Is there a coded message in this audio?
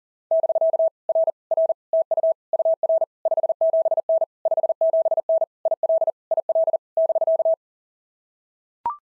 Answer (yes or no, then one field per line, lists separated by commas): yes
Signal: Morse code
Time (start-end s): 0.3-7.5 s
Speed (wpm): 37 wpm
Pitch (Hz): 660 Hz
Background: none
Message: <BK> R R TU UR 57N 57N IL IL <BK>